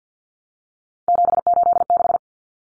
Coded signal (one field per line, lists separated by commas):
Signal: Morse code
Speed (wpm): 50 wpm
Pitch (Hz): 700 Hz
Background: none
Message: 786